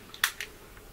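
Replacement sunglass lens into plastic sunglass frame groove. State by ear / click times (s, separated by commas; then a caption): seated / 0.2 s. A Revo Fire Red replacement lens is lined up with the top groove of a plastic Oakley Crankcase sunglass frame and pushed down and in. A sharp pop at 0.2 s marks the lens seating in the frame, followed by a softer snap at 0.4 s. The lens is seated.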